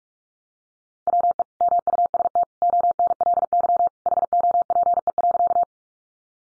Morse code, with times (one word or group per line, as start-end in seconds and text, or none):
1.1-1.4 WE
1.6-2.4 MUST
2.6-3.9 ONLY
4.1-5.6 HOPE.